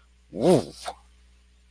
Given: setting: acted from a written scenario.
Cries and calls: vocal sound without words; desire

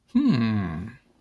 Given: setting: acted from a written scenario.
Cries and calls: vocal sound without words; desire

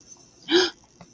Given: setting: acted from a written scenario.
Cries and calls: vocal sound without words; awe

